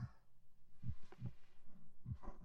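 A teacher's own heartbeat heard through a stethoscope: normal, low-pitched heart sounds.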